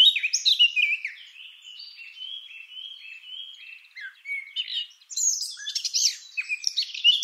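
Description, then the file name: Eurasian blackcap singing: sweeping whistled notes, then a run of clear fluty tones, ending in a burst of high scratchy, chattering warble. "Sylvia atricapilla"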